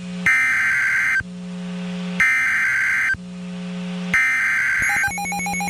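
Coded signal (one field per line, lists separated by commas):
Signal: Emergency Alert System (SAME) tones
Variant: header bursts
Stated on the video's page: Severe Thunderstorm Warning relayed by a station in Waco, Texas.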